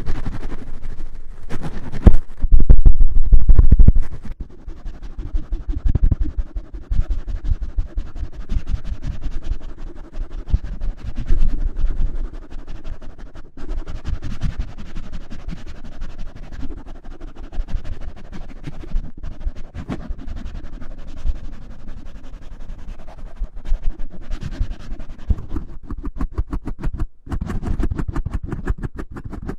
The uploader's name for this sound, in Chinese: 麦克风摩擦